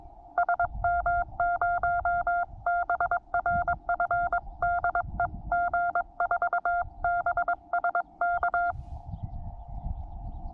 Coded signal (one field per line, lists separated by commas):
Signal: Morse code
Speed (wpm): 19 wpm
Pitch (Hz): 700 Hz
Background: none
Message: SM0BRF DE G4BSK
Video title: QRP Sunrise Expedition with QCX Mini & awesome Breakfast !!